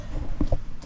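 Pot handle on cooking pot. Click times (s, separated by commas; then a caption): 0.4 s, 0.5 s. The metal handle of a JetBoil camping cooking pot is swung into position and locks with two short clicks at 0.4 and 0.5 seconds, followed by a fainter knock near 0.8 seconds. The handle is locked in place.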